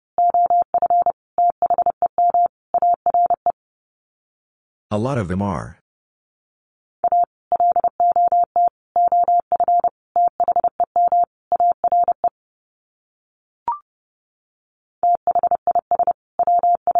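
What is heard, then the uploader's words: Morse code sent as a single steady mid-pitched beep, keyed in quick groups of short and long tones separated by silent gaps. Near the five-second mark a brief warbling, wavering burst interrupts, and a lone faint blip appears around fourteen seconds. Sets of 5 Words Encore2 30wpm. First, the words are sent in Morse code. Finally, it is sent again in Morse code.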